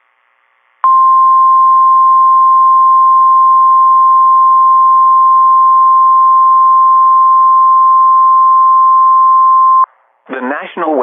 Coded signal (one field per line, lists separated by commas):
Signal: Emergency Alert System (SAME) tones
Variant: 1050 Hz attention tone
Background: speech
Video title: EAS #1,930 Online NOAA Weather Radio Severe T’storm Warning #12 5/16/25